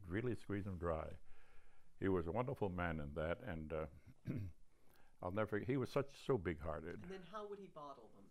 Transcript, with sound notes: He'd really squeeze 'em dry. He was a wonderful man in that and [clears throat] I'll never for — he was such — so big-hearted.
Then how would he bottle them?